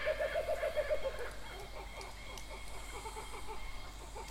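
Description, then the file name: Kookaburra giving a fast run of repeated hooting notes that breaks into looser chuckling calls. "kukabara"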